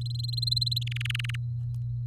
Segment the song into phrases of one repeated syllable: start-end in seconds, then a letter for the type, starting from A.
0.01-0.83 A, 0.87-1.36 B